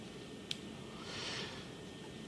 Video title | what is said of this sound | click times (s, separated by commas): How to Develop Film at Home - A Step-by-Step Guide - Jobo Duo | once you hear a click you're going to slide in your second slider and Pull and there you go | 0.5 s